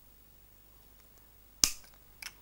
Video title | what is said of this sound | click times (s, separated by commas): Xray X1 build series part 9. Attaching shock and side damper | get it on there, you'll feel it click, like that. | 1.6 s